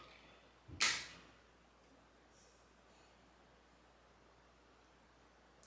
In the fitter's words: when you do it you're gonna hear two clicks the first click that means that you did the shot and the medications going in and when you hear the second clip that means that you are all good to go